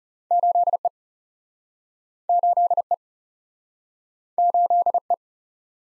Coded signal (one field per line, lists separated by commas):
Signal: Morse code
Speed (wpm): 40 wpm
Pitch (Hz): 700 Hz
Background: none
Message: 8 E 8 E 8 E